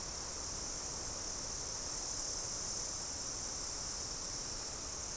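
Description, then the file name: Insect chorus giving a continuous bright, high-pitched buzz with no pauses, and little low-frequency noise beneath it. "mainly insect"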